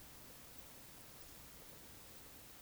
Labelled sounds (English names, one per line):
Eurasian Woodcock whistle